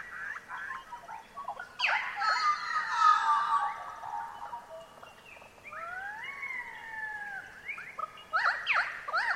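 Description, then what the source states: Pied Currawong calls: a loud, ringing, chattering burst, then a clear whistle that rises and then falls, with further calls at the end. Pied currawongs calling in eucalypt forest.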